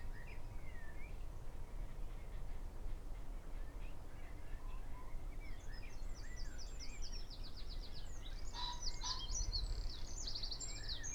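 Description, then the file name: Eurasian wren song, a high, quickly repeated trill starting midway and running to the end, over steady low background rumble. "Troglodytes troglodytes"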